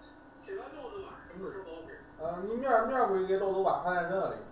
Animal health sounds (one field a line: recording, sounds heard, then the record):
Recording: poultry house recording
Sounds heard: no chicken sound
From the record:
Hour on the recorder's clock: 5